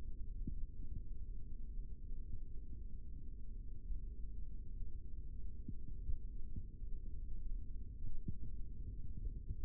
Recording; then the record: forearm muscle sounds (acoustic myography)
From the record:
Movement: rest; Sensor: system 3, bracelet of six PUI Audio POM-2738L microphones around the upper forearm, with dedicated amplification and filtering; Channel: 6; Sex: male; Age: 25 years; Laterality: right